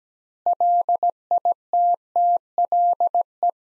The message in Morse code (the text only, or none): LITTLE